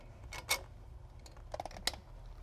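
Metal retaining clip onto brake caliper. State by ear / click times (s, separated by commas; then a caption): seated / 1.9 s. A metal spring retaining clip for a brake caliper cover is pressed by hand over the rotor and onto the top of the caliper. Several sharp metallic hits and light clicks are heard, with a cluster around 1.5–1.7 s. The loudest snap at 1.9 s marks the clip seating in place.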